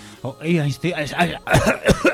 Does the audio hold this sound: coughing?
yes